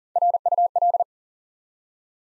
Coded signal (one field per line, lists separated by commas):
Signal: Morse code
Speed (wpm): 40 wpm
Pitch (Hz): 700 Hz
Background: none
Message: RUL